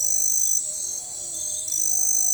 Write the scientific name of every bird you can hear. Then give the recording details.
none. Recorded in forest near Pivijay, Magdalena, Colombia, on 15 April 2023 at 01:30. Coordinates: 10.467, -74.380. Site Z5-G034